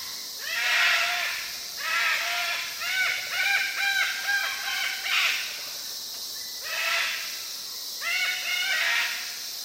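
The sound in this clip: Sulphur-crested cockatoo calls: harsh, arched squawks with strong harmonics in bursts, several overlapping, with short pauses between clusters.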